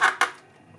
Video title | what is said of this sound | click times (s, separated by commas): MJX BUGS 6 Flight Review - Impressive Brushless FPV RTF Package | kind of just push it into that ball joint there until it snaps in | 0.2 s